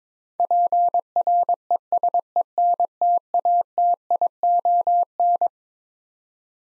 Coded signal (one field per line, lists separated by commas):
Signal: Morse code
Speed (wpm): 22 wpm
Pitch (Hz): 700 Hz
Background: none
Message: PRESENTATION